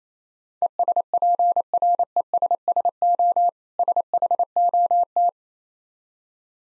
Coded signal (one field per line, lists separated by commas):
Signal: Morse code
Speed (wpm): 28 wpm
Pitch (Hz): 700 Hz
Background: none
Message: ESPRESSO SHOT